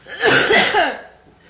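A single short, voiced adult cough burst lasting under a second, rough and partly throaty, with a laugh-like vocal edge before it fades. It is one isolated cough with no wheeze or repeated fits heard.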